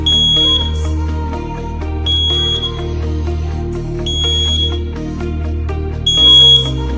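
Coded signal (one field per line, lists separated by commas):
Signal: alarm pattern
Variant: fire alarm control panel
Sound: high piezo beep repeating roughly every two seconds under louder background music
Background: music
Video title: THE EARLY NIGHT FIRE ALARM PANEL BOARD BEEPING SOUNDS @caloymixofficialvlog8774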